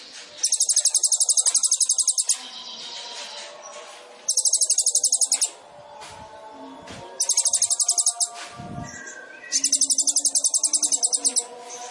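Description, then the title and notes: Sunbird song: four short bursts of shrill rapid trilling, with softer chattering between them. Indonesian masteran training song for songbirds; song style described as full isian and tembakan; bird called gacor; intended as pancingan to provoke singing. "MASTERAN KOLIBRI NINJA TERBAIK FULL ISIAN DAN TEMBAKAN MEWAH COCOK BUAT PANCINGAN. Suara Burung Kolibri Ninja Gacor"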